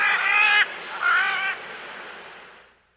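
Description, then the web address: Great Green Macaw giving two loud, rasping squawks in quick succession, the second slightly shorter, trailing off into quiet. South America. "Natures Songs S America Great Green Macaw"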